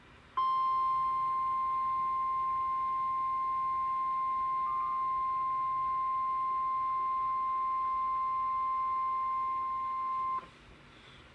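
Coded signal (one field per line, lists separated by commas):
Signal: Emergency Alert System (SAME) tones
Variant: 1050 Hz attention tone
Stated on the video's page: NOAA Weather Radio thunderstorm watches and warnings, compilation.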